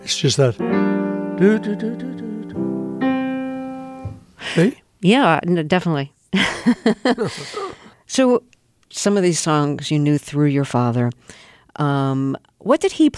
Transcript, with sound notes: It's just that. (Vocalizing, playing piano) See?
Yeah, definitely. (laughter) So some of these songs you knew through your father. What did he play?